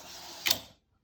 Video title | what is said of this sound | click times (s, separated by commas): Ferrari supplemental restraint electric rail microswitch housing repair test | and it latches again so | 0.5 s